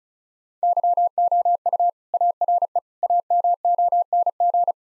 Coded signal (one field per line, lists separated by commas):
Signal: Morse code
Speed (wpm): 36 wpm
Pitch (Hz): 700 Hz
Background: none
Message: YOU ARE AMONG